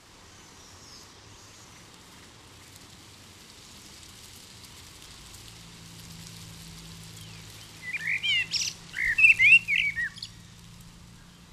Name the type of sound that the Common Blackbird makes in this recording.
song